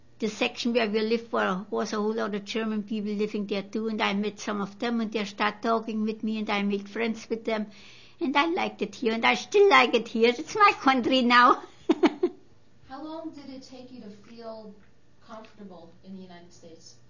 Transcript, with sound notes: the section where we lived was a whole lot of German people living there, too, and I met some of them, and they start talking with me, and I make friends with them. And I liked it here, and I still like it here. It's my country now. (she laughs)
How long did it take you to feel comfortable in the United States?